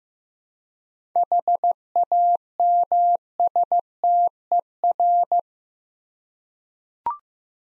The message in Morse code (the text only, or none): HAMSTER